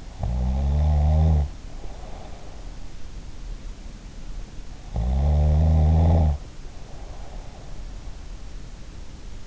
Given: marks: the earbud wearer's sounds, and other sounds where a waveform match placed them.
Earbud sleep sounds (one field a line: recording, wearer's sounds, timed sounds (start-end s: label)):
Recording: sounds in sleep by an in-ear microphone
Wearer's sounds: snoring breath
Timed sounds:
0.00-2.60 s: snoring breath
4.76-7.66 s: snoring breath